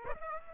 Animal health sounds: mosquito wingbeat signal from an infrared sensor; Aedes aegypti

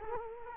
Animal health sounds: mosquito wingbeat signal from an infrared sensor; Culex quinquefasciatus

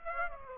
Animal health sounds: mosquito wingbeat signal from an infrared sensor; Aedes aegypti

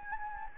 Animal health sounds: mosquito wingbeat signal from an infrared sensor; Anopheles gambiae

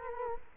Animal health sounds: mosquito wingbeat signal from an infrared sensor; Culex quinquefasciatus

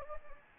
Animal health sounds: mosquito wingbeat signal from an infrared sensor; Anopheles gambiae

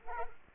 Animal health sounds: mosquito wingbeat signal from an infrared sensor; Culex quinquefasciatus

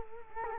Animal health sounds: mosquito wingbeat signal from an infrared sensor; Culex quinquefasciatus

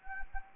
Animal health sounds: mosquito wingbeat signal from an infrared sensor; Anopheles arabiensis

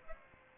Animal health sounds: mosquito wingbeat signal from an infrared sensor; Aedes aegypti

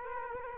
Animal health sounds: mosquito wingbeat signal from an infrared sensor; Culex quinquefasciatus

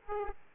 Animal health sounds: mosquito wingbeat signal from an infrared sensor; Aedes aegypti

